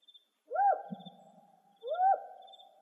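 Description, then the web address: Spotted owl barking twice, each note sweeping up then breaking into a raspy trail, with soft insect chirps behind. Recorded in Arizona, May 31, 2006. "Owls SPOW. deviche"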